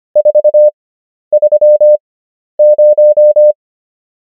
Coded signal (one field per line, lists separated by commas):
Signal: Morse code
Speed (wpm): 25 wpm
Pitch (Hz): 600 Hz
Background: none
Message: 430